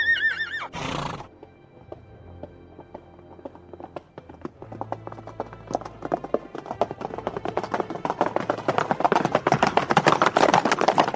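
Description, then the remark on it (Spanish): A horse gives a short, high, wavering whinny, then hooves start clip-clopping and build into a fast, steady gallop that grows louder and denser to the end. “pero sí que puedo prestarte un caballo con un encantamiento de velocidad.”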